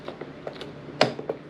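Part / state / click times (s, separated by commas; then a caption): seat/storage lid latch on a motorcycle / seated / 1.0 s. A motorcycle seat or storage lid is pushed down until its latch catches. A few faint creaks and knocks lead up to one sharp, loud click at 1.0 s, followed by a softer knock at 1.3 s. The latch clicks shut and the seat is seated.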